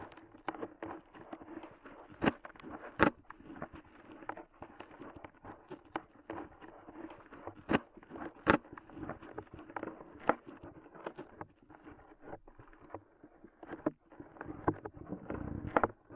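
Ear cleaning sounds: a dense run of soft scratching, crackling and rubbing that continues for the whole sixteen seconds. Sharper clicks and pops cut through now and then, notably around two, three, eight and ten seconds, with rougher scraping near the end.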